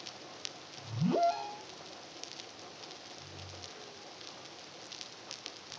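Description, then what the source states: Humpback whale song: one quick, steep rising whoop, followed by a short, low buzzy tone amid soft crackling background noise. Song, recorded in the Caribbean (CARIMAM) in 2023.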